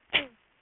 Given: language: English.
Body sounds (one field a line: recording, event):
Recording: throat vibration sensor signal played as sound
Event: cough